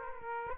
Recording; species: mosquito wingbeat signal from an infrared sensor; Aedes aegypti